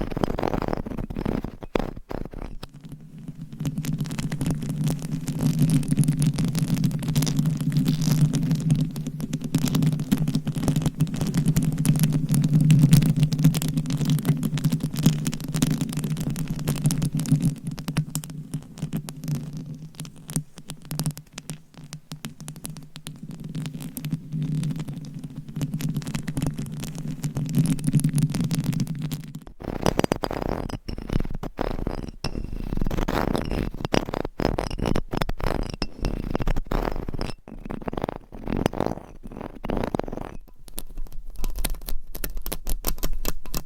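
Mic scratching fills the clip as dense, rough rubbing. For the first half it carries a steady low droning hum under the friction. Around thirty seconds the hum drops away, and the scratching turns brighter and choppier, with rapid irregular scrapes continuing to the end.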